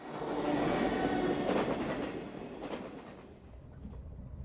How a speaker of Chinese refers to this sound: 对面老袁和老金低声交谈，火车铁轨当啷作响，噪音甚大，他们又把声音压得很低，听不清在说什么。